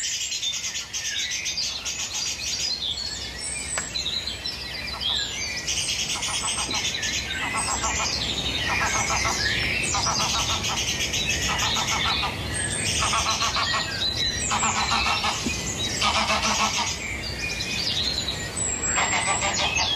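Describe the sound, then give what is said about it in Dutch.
A dense morning bird chorus recorded in Zeegse, between Assen and Zuidlaren: many birds chirping and trilling at once, high bright calls repeating in rhythmic bursts over a steady low background hum, with no voices. “Olivia Kroon uit Zeegse, tussen Assen en Zuidlaren, trakteert ons op een magnifiek ochtendconcert.”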